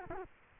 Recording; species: mosquito wingbeat signal from an infrared sensor; Culex quinquefasciatus